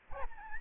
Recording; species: mosquito wingbeat signal from an infrared sensor; Aedes albopictus